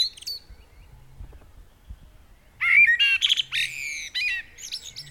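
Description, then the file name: Common blackbird: faint scraps at first, then a loud rich whistled phrase rising into a burst of high scratchy twittering; soft low rumble in the background. "Turdus merula"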